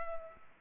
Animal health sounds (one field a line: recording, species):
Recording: mosquito wingbeat signal from an infrared sensor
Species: Culex pipiens